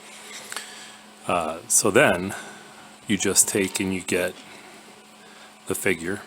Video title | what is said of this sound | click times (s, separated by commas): Snake Eyes v54 | because it goes into the slot like that and then locks into place by turning it like that | 0.5 s